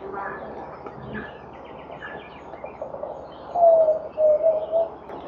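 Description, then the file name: Yellow-legged tinamou song, low pure whistled notes, a longer slightly falling whistle followed by shorter ones, over a background of rustling noise and other birds. "canto do zabele"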